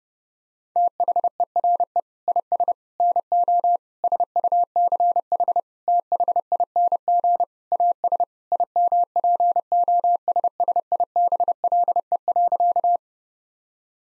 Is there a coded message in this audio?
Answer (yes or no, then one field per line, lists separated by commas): yes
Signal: Morse code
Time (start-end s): 0.8-13.0 s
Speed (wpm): 30 wpm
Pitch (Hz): 700 Hz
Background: none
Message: THERE IS NO SUCH THING AS IMPOSSIBLE.